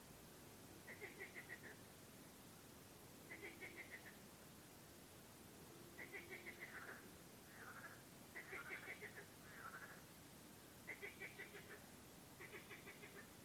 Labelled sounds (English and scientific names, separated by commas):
frogs